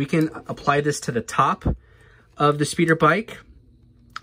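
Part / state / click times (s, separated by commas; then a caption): plastic accessory onto toy speeder bike peg / seated / 4.2 s. Someone talks while a plastic accessory is pressed onto the top peg of a Star Wars Mission Fleet The Mandalorian toy speeder bike. After a quiet pause, a short, sharp snap sounds at 4.2 seconds as the accessory seats onto the peg.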